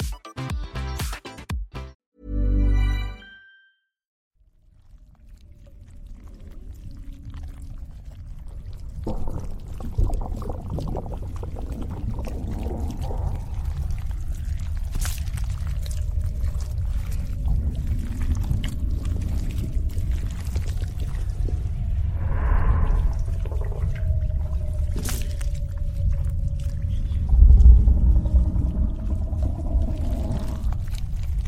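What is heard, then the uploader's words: Slimy sounds from inside a monster's belly: a few sharp squelches and a loud gurgling burst open, then a brief silence. A deep, wet rumble swells in and holds, thick with bubbling and dripping, a faint moan underneath and a heavy thump near the end. Inside monster's belly | slimy sounds.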